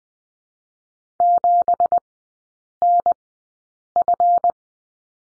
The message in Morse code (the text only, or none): 7NF